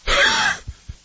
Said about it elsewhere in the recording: I feel a little wheezy this morning. I think that's more allergies because I slept with the window open last night because it got cooler. You hear that little wheeze, little allergic reaction going on there? Could be from the smoke.